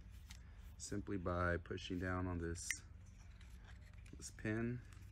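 A pin in the receiver of an ASG EVO Scorpion airsoft replica is pushed down by hand to free the hop-up unit while someone talks. A few faint, brief handling ticks sound between the words. Nothing has seated or clicked into place yet.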